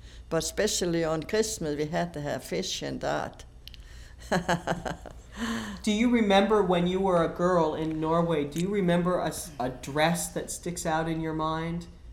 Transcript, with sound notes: But especially on Christmas we had to have fish and that. (she laughs)
Do you remember, when you were a girl in Norway, do you a dress that sticks out in your mind?